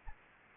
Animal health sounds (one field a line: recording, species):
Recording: mosquito wingbeat signal from an infrared sensor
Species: Anopheles arabiensis